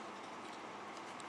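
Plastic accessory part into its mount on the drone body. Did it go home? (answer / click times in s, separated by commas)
no / none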